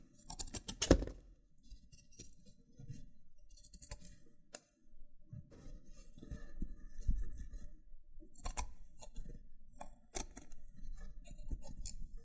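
Loofah scratching and peeling with low rustling throughout, punctuated by sharp bright pops and clicks, loudest near the start and around eight to ten seconds.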